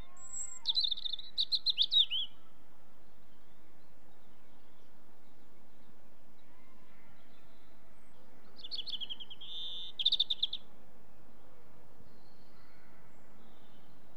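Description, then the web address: European robin giving two high, fluid warbling phrases with a thin opening whistle, separated by a long pause, over a faint low background. "BBC Sound Effects Library. Robin"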